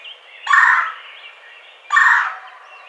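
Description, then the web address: Red-bellied woodpecker giving two harsh, rolling churring calls about one and a half seconds apart, each lasting about half a second. Recorded on 27 April 2009. "Red-bellied Woodpecker 2009 04 27"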